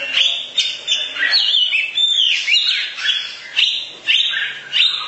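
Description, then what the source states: Oriental magpie-robin singing whistles and buzzy slurred notes in short phrases, with a faint low hum. Long-duration song.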